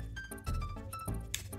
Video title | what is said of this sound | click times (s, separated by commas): PRÉSENTATION DE LA NINTENDO SWITCH 2 (+ Unboxing Mario Kart World) | Tac, et c'est aimanté, c'est parfait. | 1.3 s